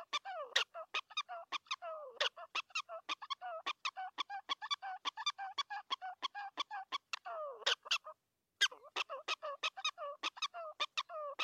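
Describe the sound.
Prairie dog calls: rapid, harsh yelping chirps with some drawn-out nasal notes, repeated steadily with one brief gap after eight seconds.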